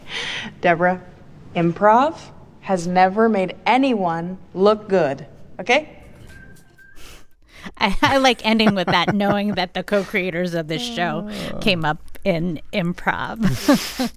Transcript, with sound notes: Deborah, improv has never made anyone look good, OK?
I like ending with that...
(Laughter).
...Knowing that the co-creators of this show came up in improv.